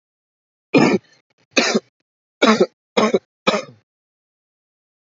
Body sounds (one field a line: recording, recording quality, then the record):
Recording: heavy voluntary cough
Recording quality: excellent, no background noise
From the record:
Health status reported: healthy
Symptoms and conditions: cough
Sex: male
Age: 26 years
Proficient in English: yes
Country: India